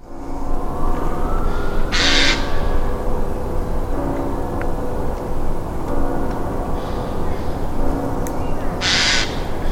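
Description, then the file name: Eurasian jay giving two harsh, raspy screeches, one near the start and one near the end, over a constant loud low rumble. "Garrulus glandarius"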